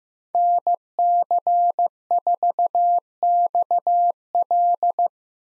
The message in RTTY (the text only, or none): none